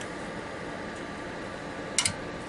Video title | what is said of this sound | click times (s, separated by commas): Rikon 22 Inch 10-622VS Scroll Saw, Follow Up Review (I Still Love It!) | you hear it click in now the only way to get it down would be to reach back and pop it | 2.0 s